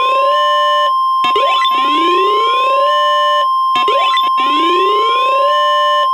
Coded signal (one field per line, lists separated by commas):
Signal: Emergency Alert System (SAME) tones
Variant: 1050 Hz attention tone